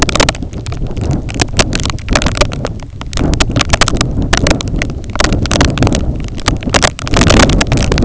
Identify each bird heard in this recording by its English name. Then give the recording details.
none. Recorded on Arctic tundra, site IGLO-A, on 20 June 2018. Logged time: 21:59